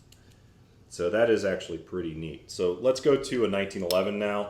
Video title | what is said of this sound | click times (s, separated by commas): Olight PL X - Unboxing and First Looks | You simply push that back and forth while it's loose and it clicks into place. | 0.1 s